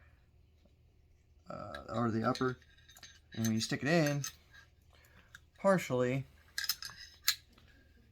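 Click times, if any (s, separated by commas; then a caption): 7.3 s. A charging handle is pushed partway into the underside of a metal AR-15 rifle upper receiver and slid along until it drops into its slot, with metallic scraping and tapping as it moves. Someone talks in between. The handle seats and locks into place with a click at 7.3 s.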